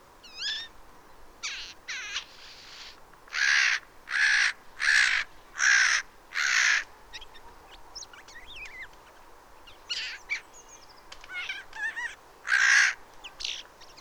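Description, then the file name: Eurasian jay giving a run of five loud, harsh, rasping screeches about every 0.7 seconds, with fainter chirps and whistles from other small birds before and after. "Garrulus glandarius"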